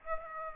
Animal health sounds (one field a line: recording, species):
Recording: mosquito wingbeat signal from an infrared sensor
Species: Aedes aegypti